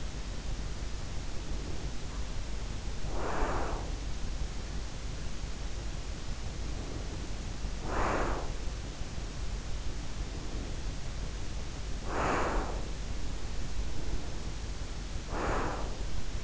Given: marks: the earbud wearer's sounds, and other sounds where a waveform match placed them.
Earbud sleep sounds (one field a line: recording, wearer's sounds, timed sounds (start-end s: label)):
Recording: sounds in sleep by an in-ear microphone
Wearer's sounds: breath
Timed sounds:
1.05-4.20 s: breath
6.50-8.81 s: breath
10.05-13.00 s: breath
13.78-16.15 s: breath